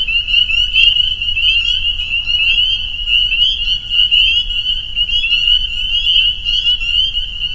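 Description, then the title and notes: Spring peeper chorus: a continuous high-pitched ringing wall of overlapping peeps. Frog chorus soundscape recorded at a peeper pond on private property in northern Vermont, USA. "Peepers. a soundscape recorded at the peeper pond on our friends' property in northern Vermont"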